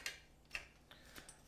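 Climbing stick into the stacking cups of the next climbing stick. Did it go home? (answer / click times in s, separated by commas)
yes / 0.1 s, 0.6 s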